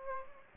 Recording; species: mosquito wingbeat signal from an infrared sensor; Aedes aegypti